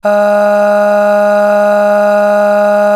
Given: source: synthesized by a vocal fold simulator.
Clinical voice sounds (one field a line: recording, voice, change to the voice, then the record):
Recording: sustained vowel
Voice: female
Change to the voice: aspiration noise (breathiness), level 7 of 10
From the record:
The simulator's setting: 1.57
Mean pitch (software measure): 206 Hz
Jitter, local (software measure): 0.58%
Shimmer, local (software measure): 5.9%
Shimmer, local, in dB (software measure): 0.52 dB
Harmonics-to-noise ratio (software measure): 19.1 dB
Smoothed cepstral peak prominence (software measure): 13.9 dB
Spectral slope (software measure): -21.5 dB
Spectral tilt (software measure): -7.5 dB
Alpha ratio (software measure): -11.9 dB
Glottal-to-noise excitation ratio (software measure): 0.875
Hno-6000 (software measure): 2.0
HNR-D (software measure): 38.2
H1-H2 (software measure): 8.3 dB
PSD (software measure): 2.7e-05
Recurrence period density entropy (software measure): 0.114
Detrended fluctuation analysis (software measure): 0.0275